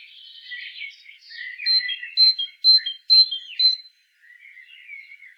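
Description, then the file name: Great tit calls: soft twittering, then four or five loud, sharp, high notes about half a second apart, then quieter chatter. "Parus major"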